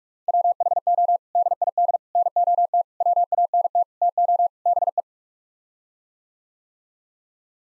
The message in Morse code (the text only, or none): WHO DID NOT WANT TO BE